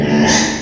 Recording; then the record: squeal of a Yucatan mini pig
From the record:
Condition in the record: before surgery on the right vocal fold (resection and tissue-engineered implant); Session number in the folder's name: 2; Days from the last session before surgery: 0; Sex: male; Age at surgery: 12 weeks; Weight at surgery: 13 kg